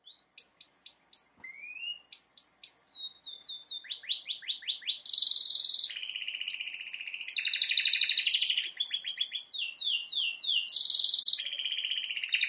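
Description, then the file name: Canary song beginning with spaced whistled notes, then rapid descending trills and loud alternating rolling, buzzy tours. "Canary Voice"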